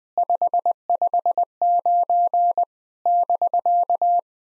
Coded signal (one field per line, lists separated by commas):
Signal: Morse code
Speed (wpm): 20 wpm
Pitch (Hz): 700 Hz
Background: none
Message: 559 <BK>